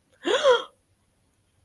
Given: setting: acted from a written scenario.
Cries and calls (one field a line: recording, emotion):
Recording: vocal sound without words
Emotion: positive surprise